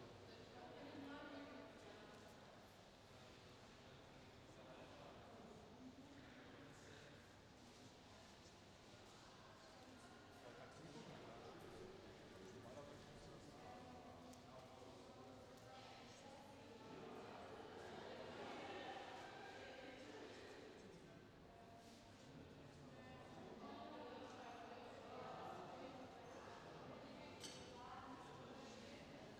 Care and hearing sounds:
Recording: everyday scene through a hearing-aid microphone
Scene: reverberant space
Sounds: background noise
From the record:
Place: railway station hall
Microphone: in the ear canal, left

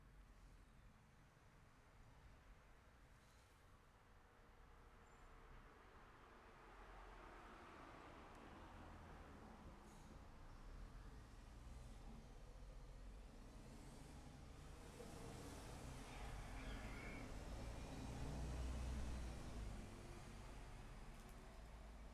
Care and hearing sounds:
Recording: everyday scene through a hearing-aid microphone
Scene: in traffic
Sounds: traffic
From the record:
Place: city secondary road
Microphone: behind the ear, left, rear

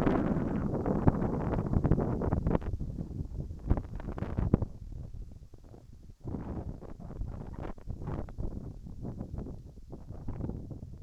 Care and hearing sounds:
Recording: everyday scene through a hearing-aid microphone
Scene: wind on the microphone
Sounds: wind, whistling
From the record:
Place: in front of a rural house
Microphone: behind the ear, right, front

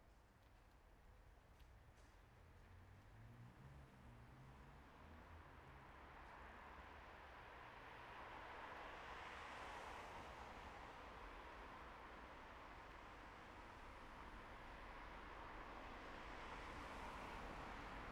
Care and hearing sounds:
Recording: everyday scene through a hearing-aid microphone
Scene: in traffic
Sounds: traffic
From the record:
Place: bus stop on a city main road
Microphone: behind the ear, right, front

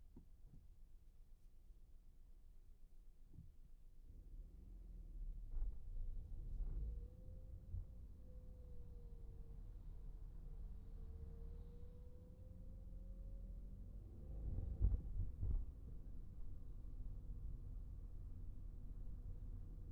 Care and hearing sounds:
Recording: everyday scene through a hearing-aid microphone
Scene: in a vehicle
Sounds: engine, traffic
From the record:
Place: Skoda Fabia, gasoline engine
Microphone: behind the ear, right, front

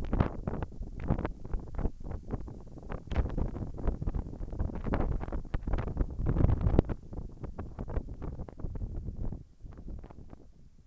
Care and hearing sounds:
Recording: everyday scene through a hearing-aid microphone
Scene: wind on the microphone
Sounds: wind, whistling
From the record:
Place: in front of a rural house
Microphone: behind the ear, left, front

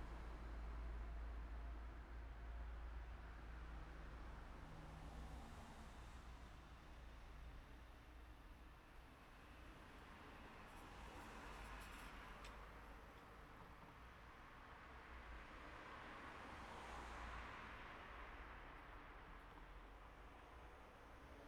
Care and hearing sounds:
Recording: everyday scene through a hearing-aid microphone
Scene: in traffic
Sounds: traffic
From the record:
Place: city secondary road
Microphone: behind the ear, right, rear

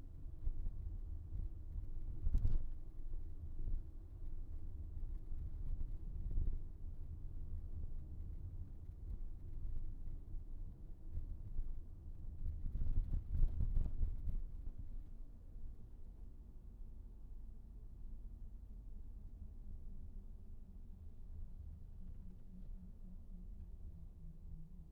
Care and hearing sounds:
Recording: everyday scene through a hearing-aid microphone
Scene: in a vehicle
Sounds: engine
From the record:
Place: VW T5 Caravelle, diesel engine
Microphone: behind the ear, right, front

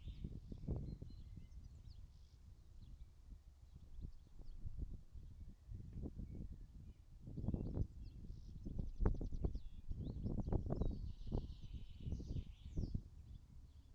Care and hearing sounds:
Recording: everyday scene through a hearing-aid microphone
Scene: wind on the microphone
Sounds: wind, birds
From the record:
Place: in front of a rural house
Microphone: in the ear canal, right

